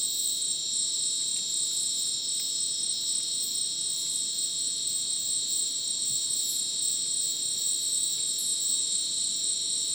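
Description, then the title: Crickets chirping in a dense, steady high-pitched chorus of several layered shrill tones, with faint scattered clicks throughout. Dense insect chorus likened to a polyrhythmic electronic concert, after sunset in dense rainforest, Madidi National Park, Ucumari, Bolivia; very high insect density; AT BP4029 microphone, MixPre 6 recorder. "Madidi National Park, Ucumari, Bolivia - Supersonic Crickets in the rainforest"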